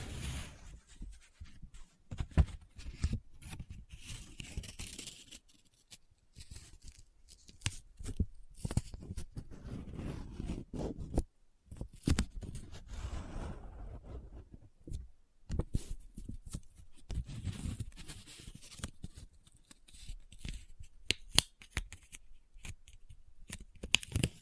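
Paper is handled up close, crinkled, folded and rubbed in bursts of dense, crackling scratches with a soft low rustle under them. Sharp snaps and clicks come irregularly throughout, with brief quieter pauses around 5 and 11 seconds.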